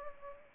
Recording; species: mosquito wingbeat signal from an infrared sensor; Anopheles arabiensis